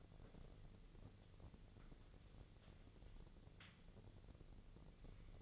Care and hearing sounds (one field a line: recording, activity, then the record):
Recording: daily activity, microphone in the room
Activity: wipe stove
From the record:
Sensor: 4